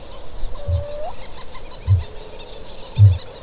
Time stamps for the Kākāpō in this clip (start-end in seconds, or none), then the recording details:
0.42-3.25. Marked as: faintness 2/5. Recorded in New Zealand. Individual Stumpy